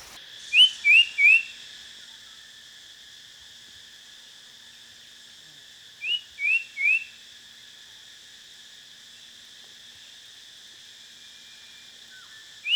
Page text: Common Iora Calls. Quick Sounds